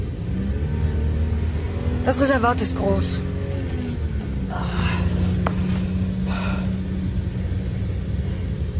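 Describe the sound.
A steady low engine rumble and droning hum run throughout, like a car driving along, while voices talk over it.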